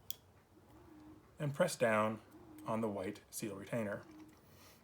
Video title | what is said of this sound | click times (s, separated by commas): Ford EPAS Rack Wire Connectors Assembly and Disassembly | it snaps and press | 0.1 s